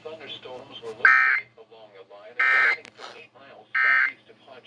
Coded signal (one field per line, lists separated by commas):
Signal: Emergency Alert System (SAME) tones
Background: speech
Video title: THE SLIGHT RISK ADVENTURE. (PT.1-3)(EAS#161-182)(2/17/22)